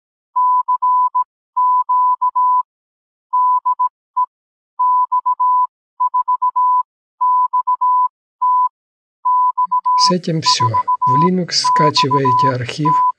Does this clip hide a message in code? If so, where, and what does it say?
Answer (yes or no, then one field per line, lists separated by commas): yes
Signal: Morse code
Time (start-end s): 0.4-13.1 s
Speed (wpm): 17 wpm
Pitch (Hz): 1000 Hz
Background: speech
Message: CQ DE X4XT X4XT